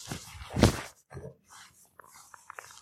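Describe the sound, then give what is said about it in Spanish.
Dogs bark, with one loud burst standing out, followed by a series of short, high-pitched whimpers and yips that come in quick, uneven bursts. “Y abriré la puerta, creo que ya terminó el concierto de los perritos.”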